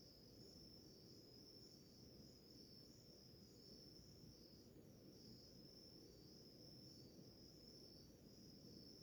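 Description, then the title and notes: Crickets giving a steady high-pitched trill that wavers slightly in strength, against an unbroken low rumble. Early morning in a village in the middle of the Mata Atlântica rainforest; a chorus of crickets. "Crickets, firsts birds in the early with morning rooster to deep relax - Grilos, pássaros e galo nas primeiras horas da manhã. Ouça a sinfonia de grilos em uma relaxante vila em meio a Mata Atlântica"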